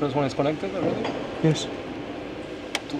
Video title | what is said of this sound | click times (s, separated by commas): How to stop fuel to flow in to engine of A320 | Click, click. I heard it. Both of them in, so. | 2.8 s